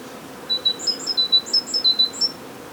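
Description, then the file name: Great tit: a quick series of thin, high piping notes alternating between two pitches. "Parus major"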